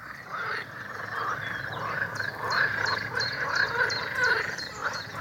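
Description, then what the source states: Green frogs croaking in a dense chorus of overlapping buzzy, nasal calls, with thin high chirps scattered above. Many frogs calling together in a heritage garden.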